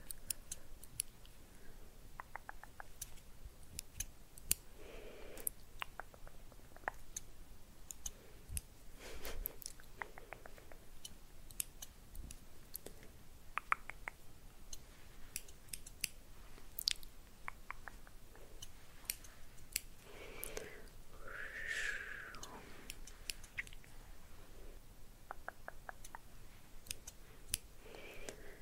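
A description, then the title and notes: Scissors are handled: crisp snips and small clicks come irregularly throughout, some in quick clusters. Soft rustling hand movements and brief swishes appear between them, with a fuller brushing passage near twenty seconds. Scissors Hand Movements, Hand Sounds.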